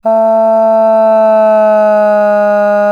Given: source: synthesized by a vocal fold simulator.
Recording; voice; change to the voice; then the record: sustained vowel; female; asymmetry, level 5 of 51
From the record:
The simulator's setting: 1.40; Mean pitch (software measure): 215 Hz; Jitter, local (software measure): 0.13%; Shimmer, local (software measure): 1.1%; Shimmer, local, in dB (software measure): 0.10 dB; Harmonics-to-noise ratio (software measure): 33.6 dB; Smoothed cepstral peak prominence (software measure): 17.9 dB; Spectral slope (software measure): -25.8 dB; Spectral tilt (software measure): -10.5 dB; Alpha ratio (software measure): -16.2 dB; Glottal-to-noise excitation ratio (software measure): 0.914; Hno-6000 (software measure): 2.6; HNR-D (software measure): 39.4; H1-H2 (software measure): 8.9 dB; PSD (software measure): 1.4e-04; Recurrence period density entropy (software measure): 0.123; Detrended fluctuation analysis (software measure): 0.0235